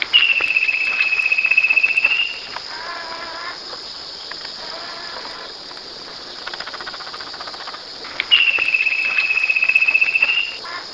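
Bird giving a long, thin whistled note that dips slightly then levels, heard twice about eight seconds apart, over a steady high insect buzz.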